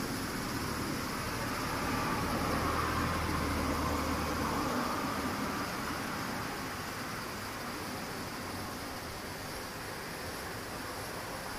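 Cicadas keep up a dense, unbroken hiss, with shrill high tones holding steady for all twelve seconds. A low hum runs underneath during the first five seconds, then drops away, and the overall level eases slightly toward the end.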